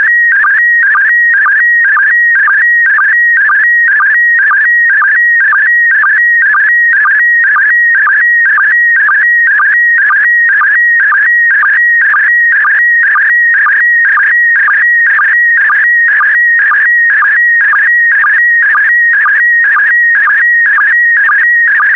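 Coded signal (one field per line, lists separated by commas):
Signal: SSTV (slow-scan television)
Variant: PD120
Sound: warbling tone pattern repeating about twice a second, with short low blips and steady high stretches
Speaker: get ready starting transmission in 5 4 3 2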